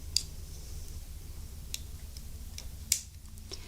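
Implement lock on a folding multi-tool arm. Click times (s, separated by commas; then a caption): 0.2 s, 2.9 s. The release mechanism on the opposite side of a metal folding multi-tool arm is pressed so its locked implements can close. Sharp metallic clicks ring out at 0.2 s and 2.9 s, with fainter ticks between them over a low steady hum. The implement lock is released, letting all the tools close.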